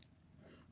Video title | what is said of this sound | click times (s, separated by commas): 3 Jokers Comic and Collectible Review! | i don't like that clicking noise and then you can click them back | 0.0 s